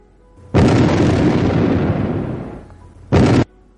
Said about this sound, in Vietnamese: Hai viên thiên lôi tử rơi xuống cách đầm lầy cách đó không xa, ầm ầm nổ tung.